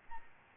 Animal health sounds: mosquito wingbeat signal from an infrared sensor; Aedes albopictus

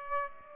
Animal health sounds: mosquito wingbeat signal from an infrared sensor; Aedes aegypti

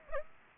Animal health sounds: mosquito wingbeat signal from an infrared sensor; Aedes aegypti

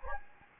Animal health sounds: mosquito wingbeat signal from an infrared sensor; Anopheles gambiae

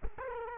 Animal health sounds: mosquito wingbeat signal from an infrared sensor; Culex quinquefasciatus

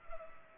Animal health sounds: mosquito wingbeat signal from an infrared sensor; Culex pipiens

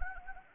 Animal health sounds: mosquito wingbeat signal from an infrared sensor; Anopheles gambiae

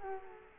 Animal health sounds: mosquito wingbeat signal from an infrared sensor; Culex quinquefasciatus

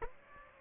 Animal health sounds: mosquito wingbeat signal from an infrared sensor; Aedes aegypti

